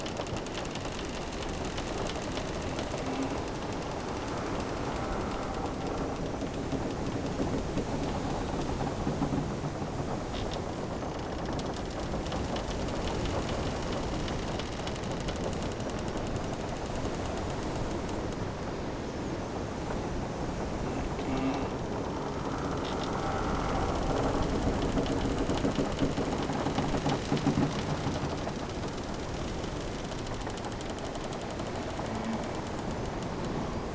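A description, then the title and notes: A stranded ship creaks on the beach under a dense, steady roar of wind and surf. Drawn-out groaning creaks rise around the 10-second mark and again near 25 seconds, with scattered knocks and clicks, while a deep rumble holds throughout. Creaky Stranded Ship on the Beach.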